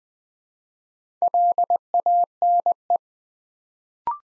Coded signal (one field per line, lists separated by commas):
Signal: Morse code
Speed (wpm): 20 wpm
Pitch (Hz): 700 Hz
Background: none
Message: LANE